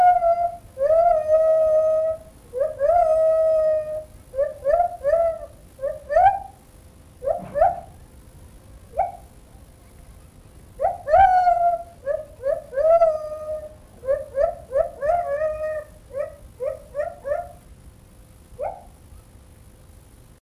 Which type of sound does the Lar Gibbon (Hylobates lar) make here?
call